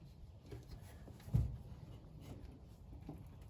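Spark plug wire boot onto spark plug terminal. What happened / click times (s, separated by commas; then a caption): The plug wire boot is being worked on but has not yet clicked onto the plug / none. A spark plug wire boot is worked by hand onto the spark plug terminal of the rear cylinder's plug on a '71 Charger Super Bee. Soft rubbing and handling noises are heard, with a dull thump around 1.4 seconds and a faint tap near 3.1 seconds. The boot has not seated or clicked yet.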